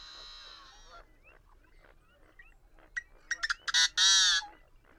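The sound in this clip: Bird calls: a drawn-out nasal note, soft scattered honks, then a series of sharp clicks leading into a loud, harsh, drawn-out squawk.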